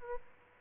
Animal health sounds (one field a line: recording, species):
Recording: mosquito wingbeat signal from an infrared sensor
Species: Aedes albopictus